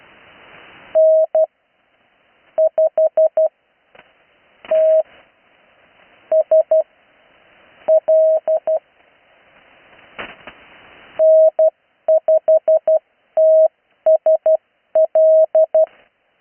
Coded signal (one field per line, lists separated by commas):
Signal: Morse code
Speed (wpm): 12 wpm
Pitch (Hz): 640 Hz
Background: none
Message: N5TSL N5TSL